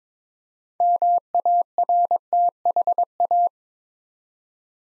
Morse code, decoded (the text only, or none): MARTHA